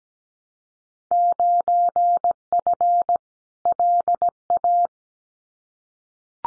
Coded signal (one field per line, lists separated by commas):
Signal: Morse code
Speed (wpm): 17 wpm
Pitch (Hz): 700 Hz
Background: none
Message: 9F LA